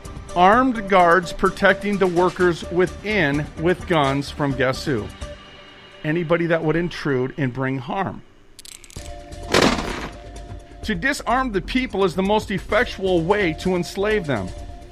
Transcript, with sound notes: Armed guards protecting the workers within with guns from guess who? Anybody that would intrude and bring harm.
(Crunching) (Gunshot) "To disarm the people is the most effectual way to enslave them."